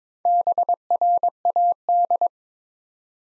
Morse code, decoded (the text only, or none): BRAD